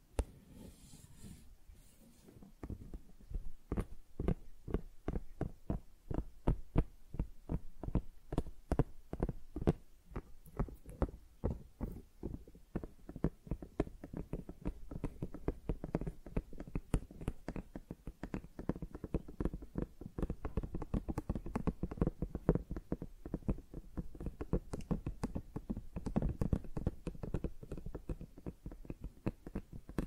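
Tingly flower sounds: a dense run of quick, crisp taps and crackles, fairly steady throughout after a brief low rumble at the start.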